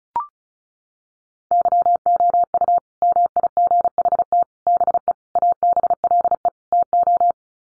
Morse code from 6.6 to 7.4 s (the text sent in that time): TO